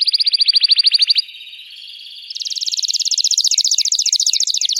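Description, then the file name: Canary song: a rapid high trill, a short soft passage, then another rolled trill with some downslurred notes. Singing Belgian canary, red frosted colour variety. "canto do canario belga vermelho nevado"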